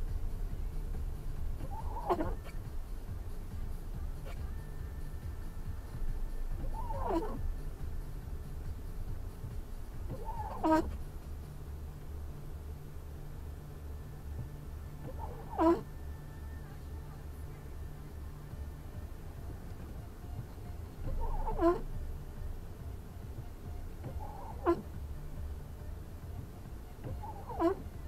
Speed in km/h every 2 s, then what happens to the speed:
6, 5, 3, 6, 5, 4, 0, 0, 0, 0, 0, 1, 1, 0.
0-11 steady at about 5. 11-28 standing.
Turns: none.